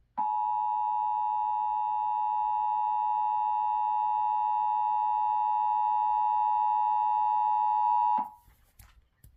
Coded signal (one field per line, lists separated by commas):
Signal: Emergency Alert System (SAME) tones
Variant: 853 and 960 Hz attention tone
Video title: July 4, 2024 EAS ALERT Long Island NY